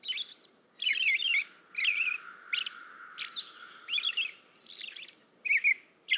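American robin song of quick warbling phrases with rising and falling slurred notes, delivered with short pauses between phrases and a soft hiss behind.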